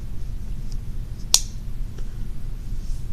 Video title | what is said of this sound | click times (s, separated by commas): Kissing Crane Stiletto review. | clicks into place | 1.3 s